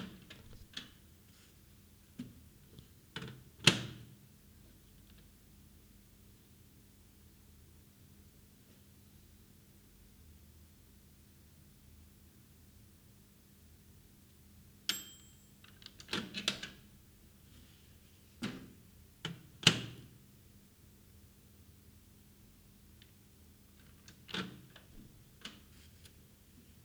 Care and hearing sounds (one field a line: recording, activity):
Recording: daily activity, guitar pickup as the sensor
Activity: use microwave